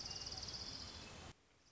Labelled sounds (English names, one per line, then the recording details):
Orange-crowned Warbler
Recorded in Sonoma County, California